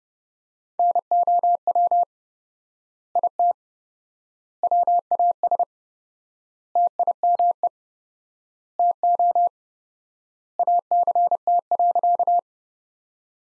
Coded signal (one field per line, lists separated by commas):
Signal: Morse code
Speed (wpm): 32 wpm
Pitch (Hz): 700 Hz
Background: none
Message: NOW IT WAS TIME TO ACT.